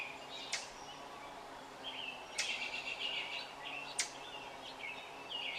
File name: طائر السمنة البني